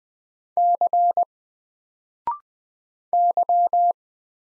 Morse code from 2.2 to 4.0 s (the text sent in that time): Y